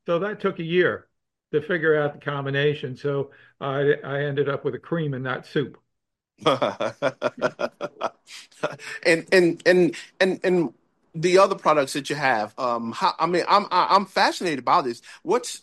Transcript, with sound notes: So that took a year to figure out the combination, so I, I ended up with a cream and not soup.
(laughs) And, and, and, and, and the other products that you have, um, how ... I mean, I'm, I'm fascinated by this.